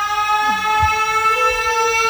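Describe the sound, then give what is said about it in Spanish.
A loud, sustained siren-like tone with a rich stack of harmonics, played live on a radio show to introduce the Inadaptado Fest, holds steady for about two seconds, sounding almost like a train horn, with no one speaking over it. “¿Y se viene la sirena? Suena.”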